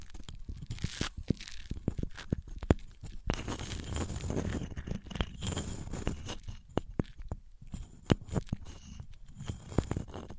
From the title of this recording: Wood vs Cork, Sponge vs Foam, Glass vs Plastic